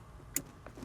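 A quick-connect fuel return line fitting is walked onto its tight nipple on a fuel fitting and slid in until it clicks, seating at 0.4 s with a sharp, bright snap. Two fainter ticks follow at about 0.7 s and 0.8 s, and the return line is confirmed on.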